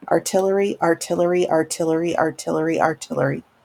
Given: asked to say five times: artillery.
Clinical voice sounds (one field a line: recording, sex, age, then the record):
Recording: repeated word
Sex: female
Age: 40 to 49 years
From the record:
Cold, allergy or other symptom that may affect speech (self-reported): no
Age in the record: 48 years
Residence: Ohio, United States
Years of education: 16